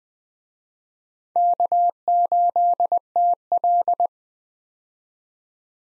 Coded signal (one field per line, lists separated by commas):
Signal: Morse code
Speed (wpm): 20 wpm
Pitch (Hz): 700 Hz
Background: none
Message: K8TL